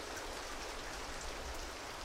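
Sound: rain falling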